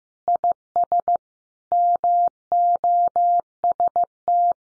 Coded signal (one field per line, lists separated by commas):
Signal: Morse code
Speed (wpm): 14 wpm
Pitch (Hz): 700 Hz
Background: none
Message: IS MOST